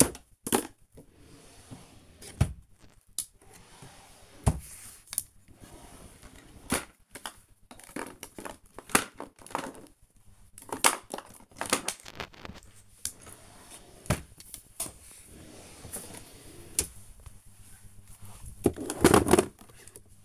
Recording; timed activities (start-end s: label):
household activities, microphone on the right wrist
0.00-20.25 s: tidy up the cupboard